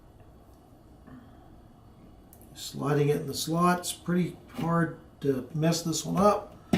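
A memory module is lined up over a motherboard DIMM slot before being slid in and pushed home. Faint ticks at about 2.3 and 2.4 seconds come over a quiet background, then someone talks. Nothing has seated or clicked yet.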